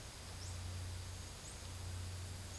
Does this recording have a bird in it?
no